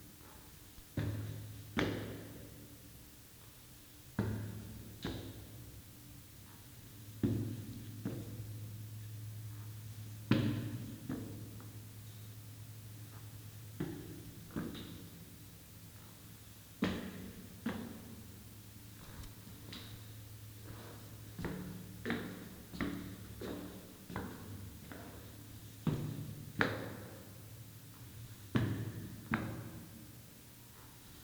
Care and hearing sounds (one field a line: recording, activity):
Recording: daily activity, guitar pickup as the sensor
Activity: go upstairs